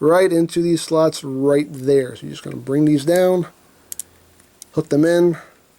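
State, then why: Not seated. Someone talks while bringing small plastic hooks on a transforming robot figure's leg assembly down toward their slots. Brief sharp handling ticks come at about 3.9 s and 4.0 s before the talking resumes. Nothing has seated or clicked into place yet.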